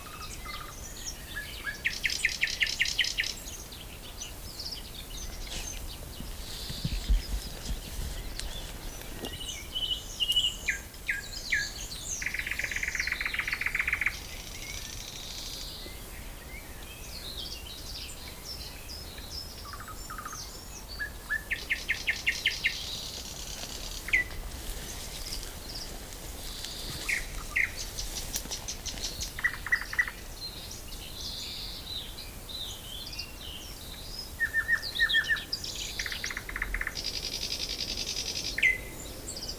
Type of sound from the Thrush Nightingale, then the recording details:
song. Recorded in the wild. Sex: male. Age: adult. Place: Blankenfelde, Berlin, DE. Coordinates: 52.6231, 13.3747. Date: 1999-05-02 11:18. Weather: fair, 11 - 15°C. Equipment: Nagra SN, Kopie Uher 4000 Report Monitor. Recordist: Tembrock, Günter. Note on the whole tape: Gesang, südöstlich vom Köppchensee (ehemalige Obstplantage)